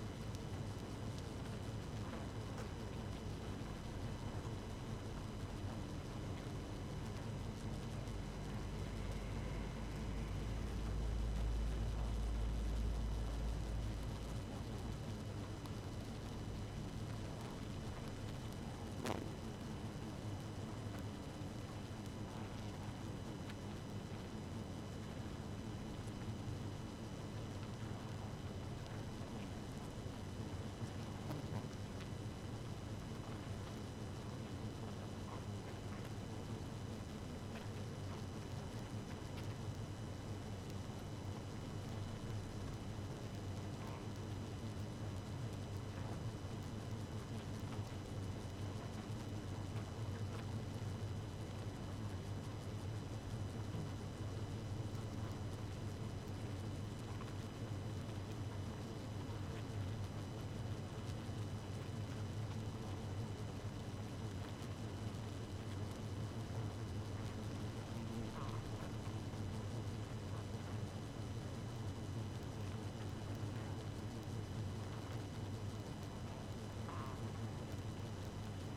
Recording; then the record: honeybee colony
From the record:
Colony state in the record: active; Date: 12 June 2018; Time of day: 0:40